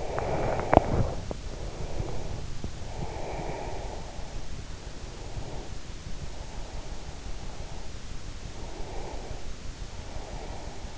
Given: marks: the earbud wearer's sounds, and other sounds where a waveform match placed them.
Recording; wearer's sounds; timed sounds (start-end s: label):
sounds in sleep by an in-ear microphone; breath
0.00-4.55 s: breath
5.11-7.84 s: breath
8.74-10.98 s: breath